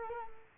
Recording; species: mosquito wingbeat signal from an infrared sensor; Culex quinquefasciatus